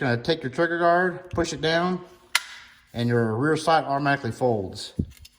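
Someone talks while handling a Keltec Sub2000 Gen2 folding carbine, pushing the trigger guard down so the rear sight folds automatically, with one brief sharp tap near 2.3 seconds. The barrel is not yet folded over onto the stock, and nothing has latched or seated yet.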